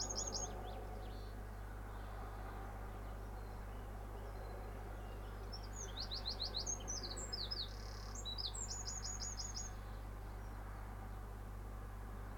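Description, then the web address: Bird singing a few chirps at the start, then bursts of rapid high chirps and short trills in the second half, over a constant low rumbling hum. Singing in the morning with cars in the background. "pdsounds sounds bird sings in the morning with cars in the background"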